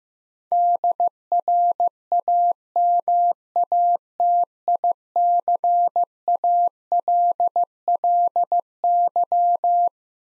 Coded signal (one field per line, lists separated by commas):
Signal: Morse code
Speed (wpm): 15 wpm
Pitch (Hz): 700 Hz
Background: none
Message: DRAMATICALLY